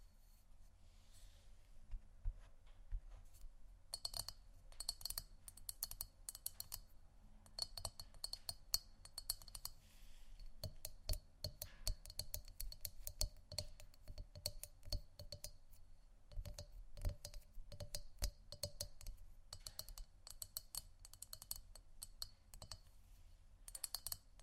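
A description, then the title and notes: Gentle tapping on an assortment of objects, light and rapid, with bright clicky and glassy clinks. The taps come in dense bursts with short pauses, especially around 10 and 16 seconds. A low steady hum sits underneath throughout. ASMR Gentle Tapping Assortment (No Talking).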